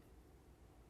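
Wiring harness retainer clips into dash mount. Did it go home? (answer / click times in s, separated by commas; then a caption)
no / none. A wiring harness taken down earlier is being put back under the dash of a 2005–2010 Chevrolet Cobalt during a heater blower motor replacement, with its plastic retainer clips being pushed toward their mounts. Only a steady, low broadband rumble and hiss is heard, with no distinct sharp sounds. Nothing has seated or clicked yet.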